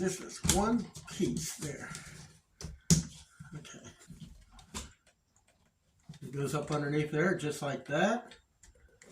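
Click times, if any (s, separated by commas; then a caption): none. A plastic piece of a Kirby G3 upright vacuum is slid up underneath its mount in the vacuum housing during a fan replacement, while someone talks. Brief taps and handling knocks are heard between the talking. Nothing has snapped into place yet.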